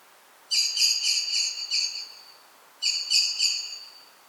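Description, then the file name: Common blackbird calls: two bursts of rapid, harsh, harmonic chattering notes, each burst about one to one and a half seconds long, with quiet between bursts. "Turdus merula"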